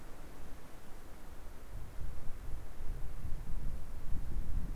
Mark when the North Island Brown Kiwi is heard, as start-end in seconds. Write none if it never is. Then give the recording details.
none. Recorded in New Zealand on 2 November 2013. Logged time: 20:59. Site CV71